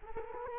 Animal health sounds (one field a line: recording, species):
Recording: mosquito wingbeat signal from an infrared sensor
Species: Culex quinquefasciatus